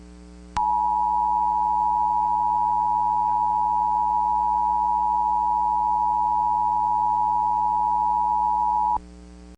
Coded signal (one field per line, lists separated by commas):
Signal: Emergency Alert System (SAME) tones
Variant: 853 and 960 Hz attention tone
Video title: Cyrus The Vampire III: The Final Alert (An EAS Scenario)